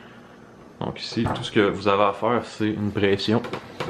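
During reassembly of an SKS Simonov rifle, with the safety engaged because otherwise it will not go in, a metal part, most likely the trigger group, is being pressed into the rifle stock. Someone talks throughout. The part is handled but nothing has seated or clicked yet by the end of the clip.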